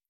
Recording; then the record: hydrophone in a shrimp aquaculture tank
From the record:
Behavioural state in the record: stressed